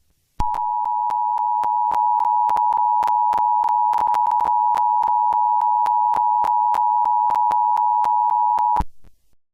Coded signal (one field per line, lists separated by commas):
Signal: Emergency Alert System (SAME) tones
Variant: 853 and 960 Hz attention tone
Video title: EAS SCENARIO #44: LAVA FULL SERIES